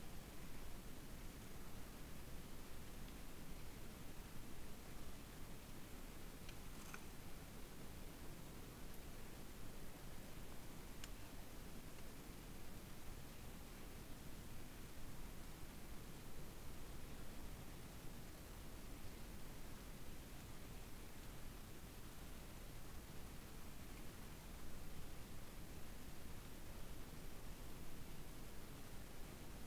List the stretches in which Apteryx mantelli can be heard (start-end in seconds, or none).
none